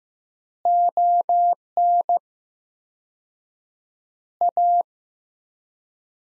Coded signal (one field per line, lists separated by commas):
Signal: Morse code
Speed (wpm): 15 wpm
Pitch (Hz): 700 Hz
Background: none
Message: ON A